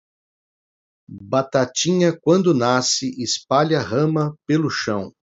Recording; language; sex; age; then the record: short text; Brazilian Portuguese; male; 60 to 69 years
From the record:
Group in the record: control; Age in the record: 61 years